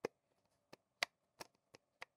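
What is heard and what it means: A plastic lens hood around a 77mm filter thread is twisted onto a lens's front bayonet. Six short, sharp ticks sound over about two seconds, and the loudest, at 1.0 s, is the very subtle click of the hood locking in place. The hood is seated, though the lock does not feel secure.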